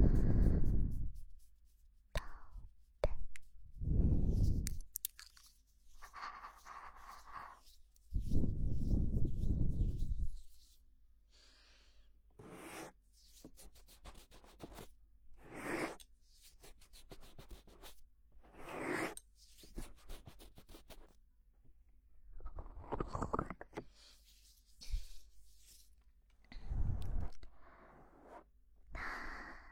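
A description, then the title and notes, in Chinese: Crinkly foam wrap is rubbed and squeezed, making bursts of crackling and soft rustling that start and stop irregularly. Deep, heavy thumps and muffled rubbing swell up at about 0–1, 4, 8–10, 23 and 27 seconds, with quiet pauses between bursts. 泡沫保鲜膜揉耳 耳边碎碎念。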